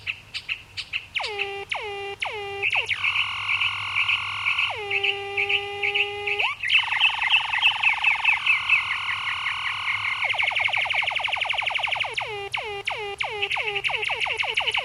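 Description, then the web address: Mockingbird song, varied and continuous: sharp descending notes, long level whistled tones, buzzy trilled stretches and quick repeated chirps, changing every few seconds. "david sounds Mimus"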